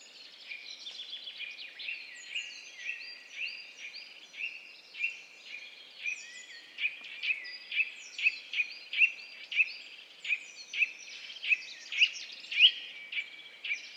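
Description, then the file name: Eurasian nuthatch calling with short clear piping notes repeated about twice a second, growing louder and steadier toward the end. "Sitta europaea"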